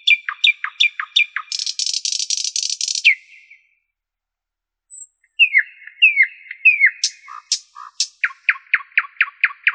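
Common nightingale song with a run of sharp repeated notes and a long buzzy rattle. After a pause come slurred whistles and a quickening series of crisp notes.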